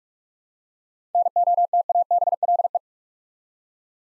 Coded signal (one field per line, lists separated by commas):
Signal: Morse code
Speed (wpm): 44 wpm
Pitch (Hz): 700 Hz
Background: none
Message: NOTABLE